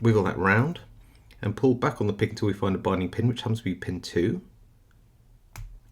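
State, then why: Seated. Someone talks while a steel hook pick is wiggled and pulled back against binding pin 2 in a Stanley 70mm 'Handbag' padlock cylinder, with a tension tool holding the cylinder. After the talk stops, a single sharp click at 5.6 s marks the pin setting at the shear line, and the pin is seated.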